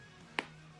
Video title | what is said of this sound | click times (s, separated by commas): JUNK FOR THE HEAP - TOY HAUL - OCTOBER 2021 | Oh, what a satisfying click that was. | 0.4 s